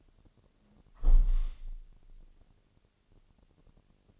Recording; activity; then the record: daily activity, microphone in the room; close window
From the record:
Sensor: 4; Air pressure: 1001.2 hPa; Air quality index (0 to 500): 178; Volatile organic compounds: 2 ppm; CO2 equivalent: 1266 ppm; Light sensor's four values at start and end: 12/28/11/12 and 12/28/11/12